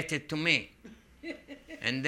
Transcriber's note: laughs